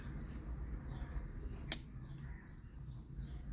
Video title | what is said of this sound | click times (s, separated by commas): How to replace clockspring in Kia Sportage | Reconnect that yellow airbag connector, push it in carefully until it clicks. | 1.7 s